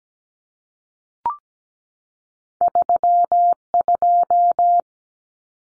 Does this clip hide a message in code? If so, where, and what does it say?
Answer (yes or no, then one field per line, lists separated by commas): yes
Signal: Morse code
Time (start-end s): 2.6-4.8 s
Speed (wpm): 17 wpm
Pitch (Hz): 700 Hz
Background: none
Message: 32